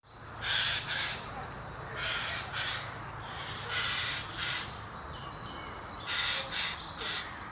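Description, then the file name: Eurasian jay giving harsh, rasping screeches, doubled, repeated at irregular intervals over a low steady hum. "Garrulus glandarius"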